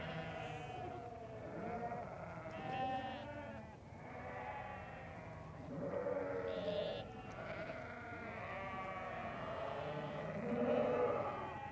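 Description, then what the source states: Sheep, several bleating together: a continuous chorus of overlapping quavering bleats that swells and fades throughout. Sheep sounds used in a composition, Galerie Bernd Klüser, 1986.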